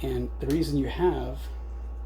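Someone talks while handling a glide clip for a titanium bow cable guard, with the bow cables in place and the setup left loose so the clip can be snapped on more easily. A steady low hum runs underneath the voice, and nothing has seated or clicked yet.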